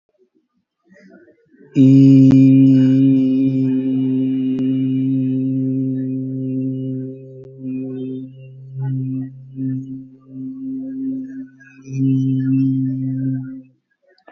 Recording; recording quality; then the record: sustained vowel as in beet; excellent, no background noise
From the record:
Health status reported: COVID-19 positive, mild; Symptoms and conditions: cough, cold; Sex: male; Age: 47 years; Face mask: worn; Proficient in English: yes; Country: India